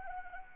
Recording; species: mosquito wingbeat signal from an infrared sensor; Anopheles arabiensis